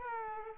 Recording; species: mosquito wingbeat signal from an infrared sensor; Aedes aegypti